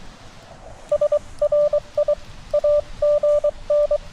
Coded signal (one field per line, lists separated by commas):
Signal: Morse code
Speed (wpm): 22 wpm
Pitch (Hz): 590 Hz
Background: none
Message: SRI AGN